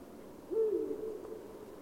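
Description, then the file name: Eurasian eagle-owl giving a single low hoot that holds and fades over about a second. "uhu"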